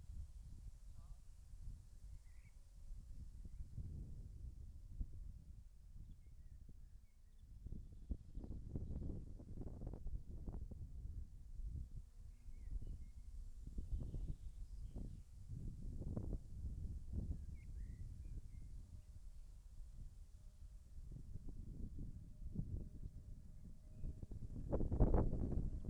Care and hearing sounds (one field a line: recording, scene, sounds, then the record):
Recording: everyday scene through a hearing-aid microphone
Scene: wind on the microphone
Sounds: wind, birds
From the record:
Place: in front of a rural house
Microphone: behind the ear, left, rear